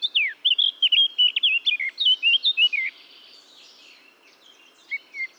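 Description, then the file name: Eurasian blackcap song: a quick run of sweet, slurred warbling notes for about three seconds, then near silence with two faint notes. "Sylvia atricapilla"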